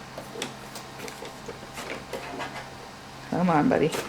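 A small plastic 100 by 100 embroidery hoop is slid into the groove of the carriage arm on a Singer Legacy SE-300 embroidery machine, with the presser foot raised. Light scraping and tapping come through, with sharper knocks at about 0.4 and 1.1 seconds, and someone talks near the end. The hoop has not seated or clicked in yet.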